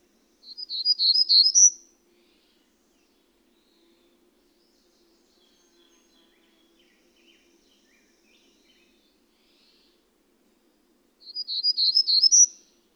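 Bird singing a short, high twittering phrase of rapid chirps, then falling silent for about nine seconds before repeating the same phrase.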